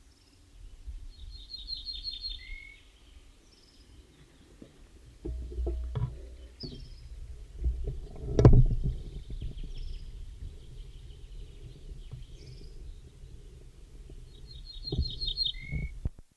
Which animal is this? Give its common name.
Ortolan Bunting